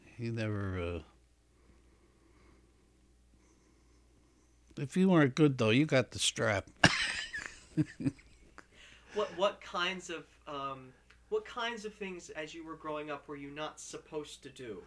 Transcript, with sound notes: He never, uh, if you weren't good, though, you got the strap. (he laughs)
What, what kinds of, what kinds of things as you were growing up were you not supposed to do?